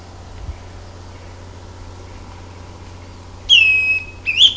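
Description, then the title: Greenish schiffornis whistled song arriving late: a sustained, slightly falling clear note followed by a brief upslurred whistle after several seconds of faint hiss. "LuckyPassaro Completos2Sama. Greenish Schiffornis (Schiffornis virescens)"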